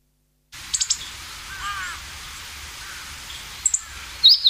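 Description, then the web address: Meadow bunting calls: a thin high triple tick early, another faint tick later, and a brighter note at the end, with a soft lower call and hiss. "sikioto. houzirozinaki"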